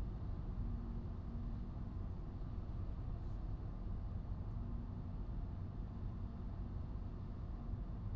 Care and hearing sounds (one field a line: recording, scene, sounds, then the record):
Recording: everyday scene through a hearing-aid microphone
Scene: in a vehicle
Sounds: engine, highway driving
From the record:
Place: Skoda Fabia, gasoline engine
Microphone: in the ear canal, right